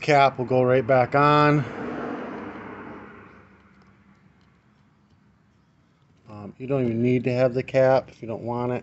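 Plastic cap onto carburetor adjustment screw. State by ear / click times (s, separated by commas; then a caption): not seated / none. Someone talks while handling the plastic limiter cap for the adjustment screw on the carburetor of an Echo PB-250LN blower, with a quiet stretch of faint low background noise in the middle. The cap is about to be pushed down over the screw, but nothing has seated or clicked yet.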